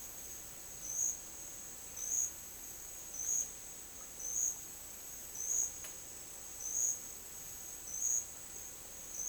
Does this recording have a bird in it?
no